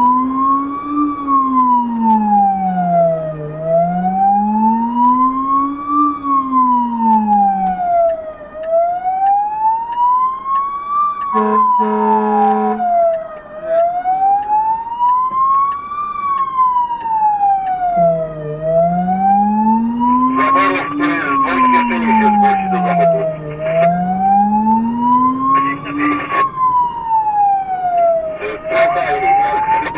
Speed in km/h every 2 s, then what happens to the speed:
47, 48, 48, 42, 36, 26, 18, 12, 14, 21, 26, 31, 38, 39, 43.
4-14 brakes to 12. 16-30 speeds up to 43.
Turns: 11-16.